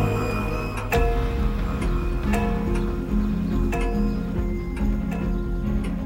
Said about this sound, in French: Le soir même, à la Grogne, dans la maison de la famille Lavaronnière, la grande horloge du salon sonne les coups de 21h.